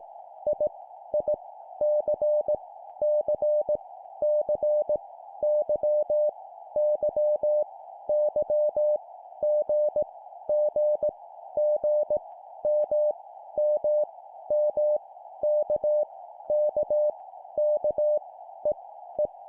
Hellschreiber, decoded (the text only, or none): none